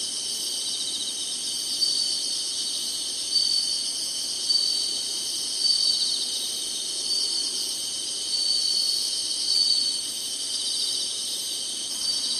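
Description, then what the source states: Insects produce a constant shrill drone, with louder swells every few seconds. Singing insects in summer.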